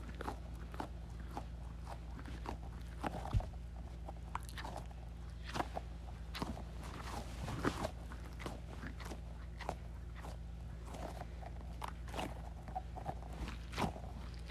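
A squishy ball is squeezed over and over, giving short wet squelching and crackling pops at an irregular but steady pace, roughly two or three per second. Some squeezes come out sharper and brighter than others. A low constant hum runs underneath throughout.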